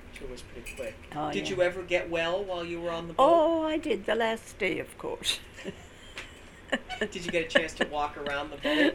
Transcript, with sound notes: I t was pretty quick.
Ah, yes.
Did you ever get well while you were on the boat?
Oh I did, the last day, of course. (she laughs)
Did you get a chance to walk around the boat at all?